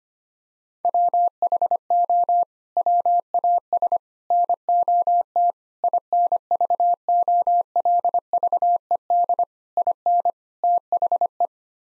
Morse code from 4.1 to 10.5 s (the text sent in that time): NOT INVOLVED IN